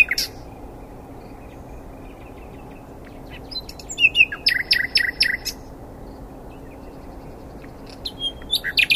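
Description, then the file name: Common nightingale song: scattered sharp notes, then a tight burst of repeated clicking notes and a few ticking phrases near the end. "Luscinia megarhynchos"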